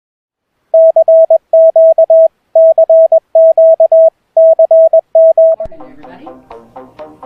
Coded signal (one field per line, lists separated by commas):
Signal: Morse code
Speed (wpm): 20 wpm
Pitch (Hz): 650 Hz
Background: speech, music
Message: CQ CQ CM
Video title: ham on e2 91119